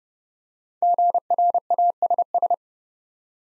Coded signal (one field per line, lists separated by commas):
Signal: Morse code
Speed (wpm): 30 wpm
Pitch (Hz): 700 Hz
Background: none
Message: GRASS